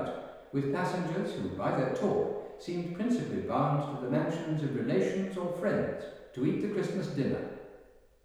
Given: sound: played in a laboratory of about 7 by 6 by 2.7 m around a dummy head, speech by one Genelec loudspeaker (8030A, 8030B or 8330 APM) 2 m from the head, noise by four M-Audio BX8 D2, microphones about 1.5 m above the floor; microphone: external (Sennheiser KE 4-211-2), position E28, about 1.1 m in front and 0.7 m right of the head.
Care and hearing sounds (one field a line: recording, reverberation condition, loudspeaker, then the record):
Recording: male speech in English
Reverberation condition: high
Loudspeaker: 90 degrees to the right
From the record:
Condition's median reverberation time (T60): about 1300 ms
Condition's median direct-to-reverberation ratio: about -4.0 dB